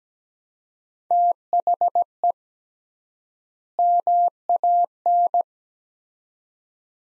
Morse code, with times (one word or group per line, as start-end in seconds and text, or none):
1.1-2.3 THE
3.8-5.4 MAN